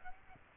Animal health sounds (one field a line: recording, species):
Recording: mosquito wingbeat signal from an infrared sensor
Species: Aedes aegypti